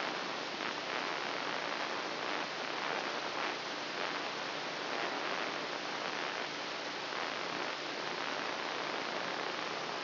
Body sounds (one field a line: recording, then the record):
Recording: brain microelectrode recording played as sound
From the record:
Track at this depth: inside the subthalamic nucleus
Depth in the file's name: 4.307 mm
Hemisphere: left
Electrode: 2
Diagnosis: Parkinson's disease